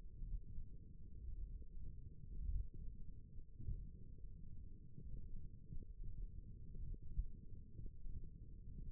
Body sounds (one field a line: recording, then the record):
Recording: forearm muscle sounds (acoustic myography)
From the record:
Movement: ulnar deviation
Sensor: system 1, eight BSWA MPA416 microphones around the upper forearm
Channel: 1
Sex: male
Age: 23 years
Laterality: right